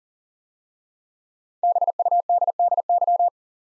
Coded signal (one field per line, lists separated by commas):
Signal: Morse code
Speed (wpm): 42 wpm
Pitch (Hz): 700 Hz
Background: none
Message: BUDDY